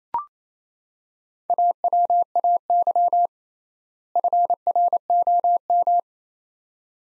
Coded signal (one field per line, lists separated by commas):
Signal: Morse code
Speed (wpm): 28 wpm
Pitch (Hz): 700 Hz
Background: none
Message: AWAY FROM